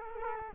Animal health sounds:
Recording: mosquito wingbeat signal from an infrared sensor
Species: Culex quinquefasciatus

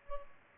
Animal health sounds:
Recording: mosquito wingbeat signal from an infrared sensor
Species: Culex pipiens

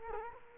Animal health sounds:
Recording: mosquito wingbeat signal from an infrared sensor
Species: Culex quinquefasciatus

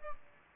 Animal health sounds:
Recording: mosquito wingbeat signal from an infrared sensor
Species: Aedes albopictus

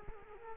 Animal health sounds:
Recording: mosquito wingbeat signal from an infrared sensor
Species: Culex quinquefasciatus

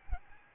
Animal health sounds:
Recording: mosquito wingbeat signal from an infrared sensor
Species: Aedes albopictus

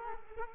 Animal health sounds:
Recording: mosquito wingbeat signal from an infrared sensor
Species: Culex quinquefasciatus

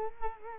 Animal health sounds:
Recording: mosquito wingbeat signal from an infrared sensor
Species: Culex quinquefasciatus

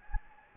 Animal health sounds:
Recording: mosquito wingbeat signal from an infrared sensor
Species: Anopheles gambiae

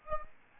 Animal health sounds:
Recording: mosquito wingbeat signal from an infrared sensor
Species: Aedes albopictus

